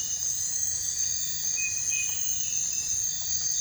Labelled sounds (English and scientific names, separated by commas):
none